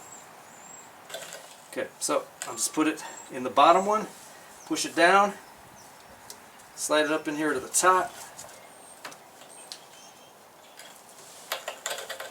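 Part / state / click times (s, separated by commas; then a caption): brake pad into caliper bracket / not seated / none. A new brake pad for a GM SUV is worked into the caliper bracket, set in at the bottom, pushed down and slid up toward the top, while someone talks. Short metallic handling knocks and taps sound around 1.3, 6.3, 9.7 and 11.5–12.4 seconds. Nothing has seated or clicked yet.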